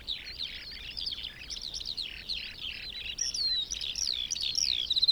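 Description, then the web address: Eurasian skylark singing a rushing, varied string of twittering and slurred high notes, growing louder and more piercing toward the end. Recorded 25 January 2021. "vogelstimmen 210125 feldlerche karl-heinzfrommolt deutsches tierstimmenarchiv"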